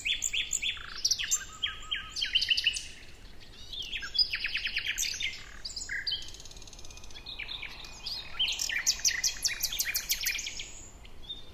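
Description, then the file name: Common nightingale song, fairly quiet: varied high phrases of rapid repeated notes and clipped trills, with short pauses between bursts. "Luscinia megarhynchos"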